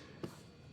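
A plastic puddle light housing on a 2026 Subaru BRZ is pushed up into the underside of the door trim panel, back first and then the front. A single short click is heard at 0.2 s over a low background hum. The clip engages and the housing is seated.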